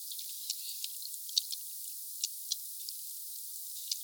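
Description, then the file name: Soft sperm whale clicks, fairly quick but irregular, with a handful of stronger ticks over a faint hiss. "Sphyrna Odyssey Glotinetal meute 4 Cachalots 3 kmdistance enregistre-2 msurface 12 mn Sud Monaco HP 8 k Hz ralenti 5 foisenviron 20200114 160058"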